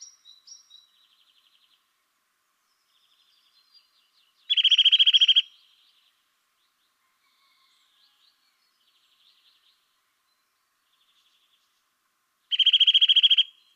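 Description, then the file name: Eurasian nuthatch trills: two loud, fast, harsh trills about eight seconds apart, with a few faint high notes at the start and quiet between. "Sitta europaea"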